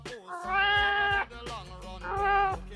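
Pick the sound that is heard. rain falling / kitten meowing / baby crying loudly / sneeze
kitten meowing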